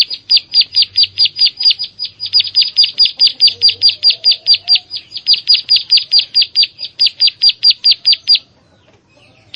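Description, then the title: Prinia song, a rapid run of high, clipped chirps repeated several times a second for about eight seconds, then stopping. "Ciblek Sawah"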